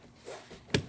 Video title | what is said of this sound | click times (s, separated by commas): How to Replace Mirrors 2012-2016 Honda CR-V | Then push straight down till it clips in. | 0.7 s